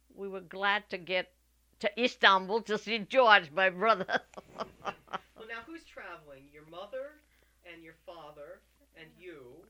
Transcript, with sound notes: we were glad to get to Istanbul to see George, my brother. ( she laughs )
Well, now, who's traveling, your mother and your father and you?